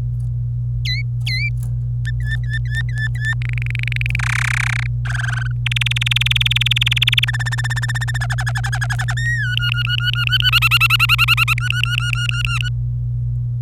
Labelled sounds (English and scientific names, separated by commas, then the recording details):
Domestic Canary (Serinus canaria) song
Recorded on 26 April 2018 at 08:46
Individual llb3